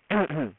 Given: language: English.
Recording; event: throat vibration sensor signal played as sound; throat clearing